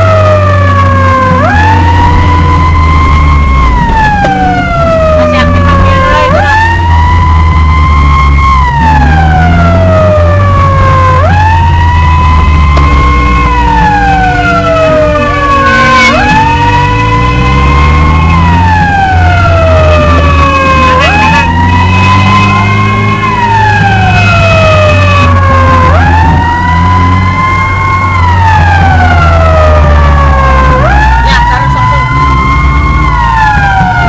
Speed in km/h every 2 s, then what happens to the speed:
48, 37, 26, 28, 26, 30, 26, 22, 14, 21, 28, 36, 31, 32, 30, 21, 21.
0-3 brakes to 26. 3-11 steady at about 26. 11-15 brakes to 14. 17-22 speeds up to 36. 22-30 slows to 21.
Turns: none.